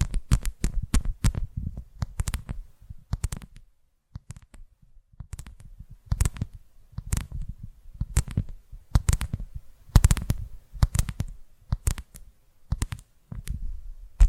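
ASMR tapping: sharp, bright taps with a low thump, coming in irregular quick clusters separated by brief pauses, with near silence around four seconds.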